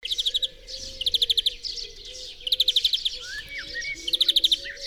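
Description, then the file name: European greenfinch calls in four rapid trilled bursts with short gaps between them. "Chloris chloris"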